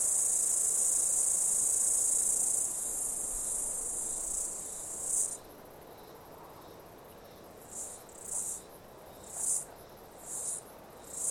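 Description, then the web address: Cicada call: a loud, steady high-pitched buzz for about five seconds, then short separate buzzy bursts at uneven intervals. Australian cicada call. "Sound Effects-Foundation INSECTS CIDADAS AUSTRALIAN CALL"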